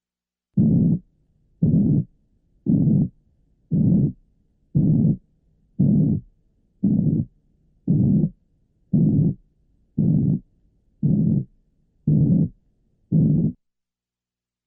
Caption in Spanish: Tomamos una banda entre 140 y 220, obtenemos un sonido que imita los soplos de flujo aórticos y pulmonares, a los cuales denomino soplos rudos o de tono mediano.